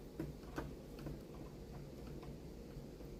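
During a PC build, an unnamed component is handled and pushed toward its place in the motherboard or case after a flat screwdriver is called for. Soft ticking handling noises run through the clip, with one sharper tick at 0.6 s. Nothing has seated or clicked into place yet by the end.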